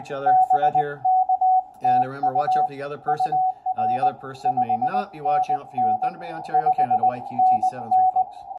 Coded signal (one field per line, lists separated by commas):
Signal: Morse code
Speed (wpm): 20 wpm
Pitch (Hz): 750 Hz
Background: speech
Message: BK TU UR 5NN 5NN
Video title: Working POTA station VE3KZE in Ontario on 20m with Xiegu X6200 after new FW upgrade